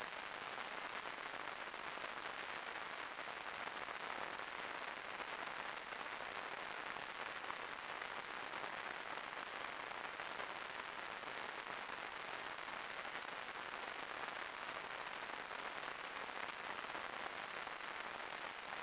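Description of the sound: A steady, very high-pitched hiss holds at the same loudness for about 19 seconds, with no rhythm or breaks. It is a simulation of tinnitus, the ringing or hissing some people hear in their ears without any outside sound.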